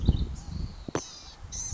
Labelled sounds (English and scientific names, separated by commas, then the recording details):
Blue-gray Gnatcatcher (Polioptila caerulea)
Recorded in Sonoma County, California